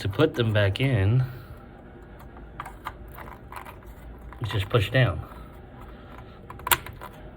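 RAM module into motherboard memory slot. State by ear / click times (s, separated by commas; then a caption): seated / 6.7 s. A RAM memory stick is pushed down into its motherboard memory slot until the retaining clips engage, and it seats with a sharp double click at about 6.7 seconds. Someone talks before and after, and faint small taps and handling sounds come earlier in the clip.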